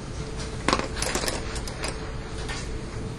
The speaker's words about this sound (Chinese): 听到大家都拿出了笔想要改的声音，对不对？没关系啊，这个东西把它写在旁边就好。